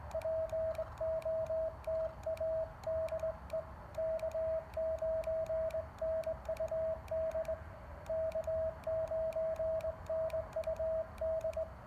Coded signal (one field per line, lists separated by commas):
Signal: Morse code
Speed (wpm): 20 wpm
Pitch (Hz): 660 Hz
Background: radio noise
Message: POTA DE K9NUD K9NUD